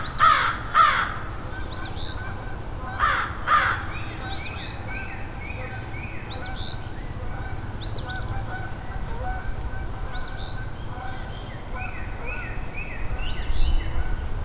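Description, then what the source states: American Crow caws: loud harsh pairs near the start and again around three seconds, then a steady run of repeated calls over a low rumble. A full murder of crows, very unhappy and worked up, landing and perched right above the recordist.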